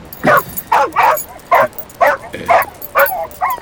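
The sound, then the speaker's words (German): A dog gives a rapid series of about seven short, yappy barks in steady rhythm, with a thin, high whimper trailing at the end. “Du, seit wann hast du denn einen Hund”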